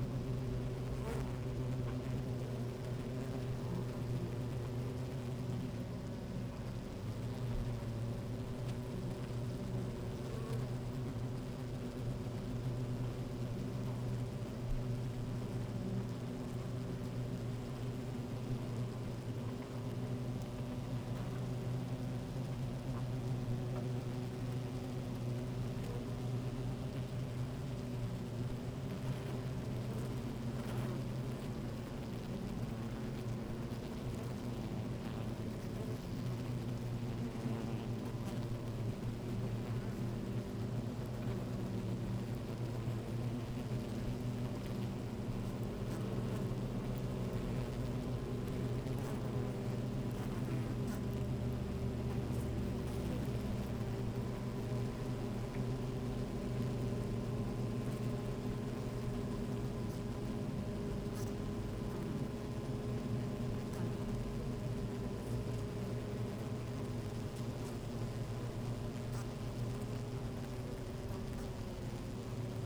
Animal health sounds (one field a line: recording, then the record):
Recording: honeybee colony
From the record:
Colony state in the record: active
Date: 28 July 2017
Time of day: 12:05